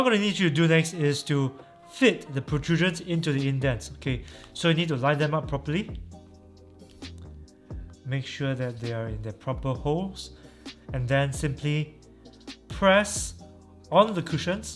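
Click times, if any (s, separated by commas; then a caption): none. An earpad cushion bracket for Sony WH-1000XM3 headphones has its protrusions lined up with the indents of the headphone ear cup before it is pressed home, while someone talks over background music. Soft, faint handling taps come between about 6.6 and 7.9 seconds. Nothing has seated or clicked yet.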